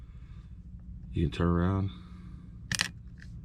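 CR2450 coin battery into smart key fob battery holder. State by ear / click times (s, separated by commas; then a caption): not seated / none. Someone talks while a CR2450 coin battery, turned around, is pressed again into the battery holder of a 2019 Ford Explorer 5-button smart key fob. A few short, sharp contact clicks come near 2.7–2.8 s, with a faint one near 3.2 s. The holder still does not retain the battery, and nothing has seated or latched yet.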